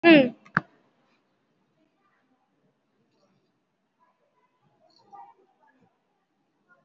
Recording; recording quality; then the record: shallow breathing; moderate, slight background noise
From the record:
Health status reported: COVID-19 positive, moderate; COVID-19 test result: positive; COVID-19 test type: RT-PCR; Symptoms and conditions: sore throat, fatigue, loss of smell and taste, another respiratory illness, hypertension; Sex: female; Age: 68 years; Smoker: no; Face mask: worn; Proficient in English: yes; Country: India